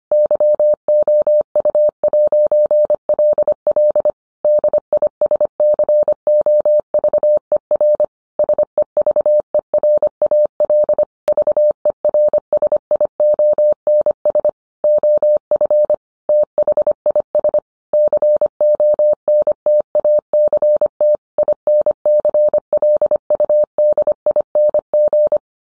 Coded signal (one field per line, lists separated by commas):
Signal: Morse code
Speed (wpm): 25 wpm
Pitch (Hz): 600 Hz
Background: none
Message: YOU'LL DISCOVER SEVERAL VERSIONS OF THIS CONTACT INCLUDING